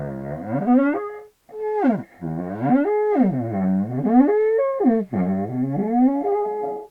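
Rhinoceros trumpeting, a run of loud, harmonic moaning calls that swoop low and then rise, with brief gaps between them.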